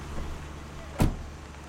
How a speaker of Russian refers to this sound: Дороти ведет машину. Она тормозит, а затем паркуется. Пока дверь багажника медленно поднимается, Дороти выходит из машины.